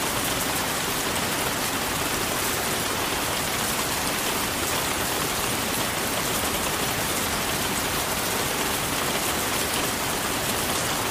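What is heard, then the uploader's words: Steady, dense rain falls throughout, a constant hiss of countless drops with no pauses or changes in level. The sound is bright, like rain striking a surface, with a soft low rumble underneath. Rain Sounds for Sleeping In Rainforest Treehouse Bedroom.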